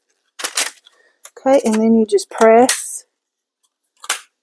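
A plastic clamp for a Monios-L full-spectrum T8 4 ft LED grow light tube is clipped over a shelf lip and pressed on one side until it closes. Someone talks, with brief sharp handling sounds early on. The clamp clicks shut and seats at about 4.0 s and 4.1 s.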